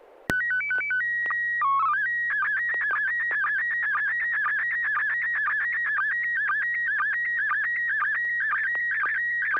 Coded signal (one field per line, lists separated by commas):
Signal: SSTV (slow-scan television)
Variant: PD 120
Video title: N6NA SSTV Net - 11/13/2024